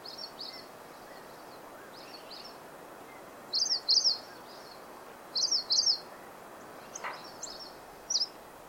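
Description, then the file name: Hume's leaf warbler giving short high double notes, two pairs about two seconds apart, over steady background hiss with fainter high calls between. "Bergstajagassngare XC MNelson"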